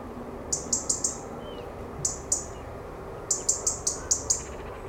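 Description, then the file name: European robin ticking calls: crisp high clicks in three rapid runs, the middle one short, with short gaps between runs, over faint low background noise. "Erithacus rubecula"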